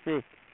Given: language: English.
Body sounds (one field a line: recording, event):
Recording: throat vibration sensor signal played as sound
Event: speech